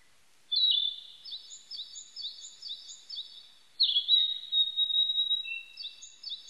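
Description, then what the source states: Narcissus flycatcher giving two loud whistled song phrases, each opening with a sharp slurred note and trailing into quicker repeated chirps, with thin high notes above. Recorded on 25 April 1998.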